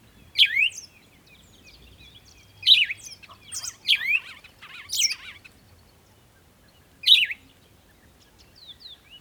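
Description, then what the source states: Bird calls: crisp high downslurred chirps, a busy cluster of them, then a lone chirp and a few soft notes. At a water hole in the early morning, bird close.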